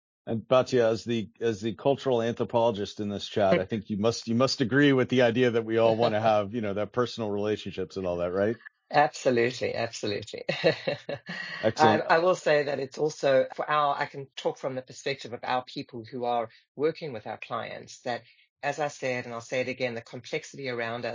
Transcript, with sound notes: And Batia, as the cultural anthropologist in this chat, I think you must agree with the idea that we all want to have that personal relationship and all that, right?
Absolutely, absolutely. *laughs* I will say that it’s also for our- I can talk from the perspective of our people who are working with our clients that, as I said, and I’ll say it again, the complexity around us.